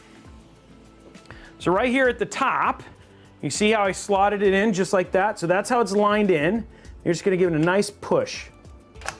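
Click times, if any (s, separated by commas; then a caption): 9.1 s. Someone talks while lining a card up at the top of a motherboard slot and then giving it a firm push. A sharp click is heard at 9.1 s as the card seats in the slot.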